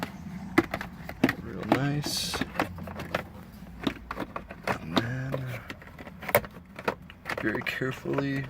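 In a 1999–2002 LX470 SUV dashboard, after a Nakimichi stereo head unit has been fitted, the plastic dash trim panel around it is carefully pressed back toward its place. Someone talks over a series of sharp plastic taps and handling knocks. The panel has not seated or clicked into place yet.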